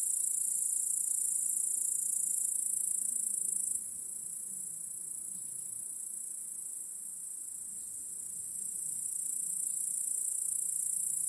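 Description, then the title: Crickets in a dense, high-pitched chorus, a steady shrill hiss with no gaps; the volume drops abruptly partway through and slowly builds again. Backyard crickets chorusing at night. "Crickets in Your Backyard 🏡. Discovering the Sounds of Home"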